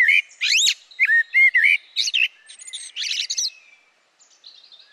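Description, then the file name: Eurasian blackbird singing a phrase of short fluty whistled notes with sharp upward sweeps, then a high squeaky twitter that fades out near the end. "Turdus merula"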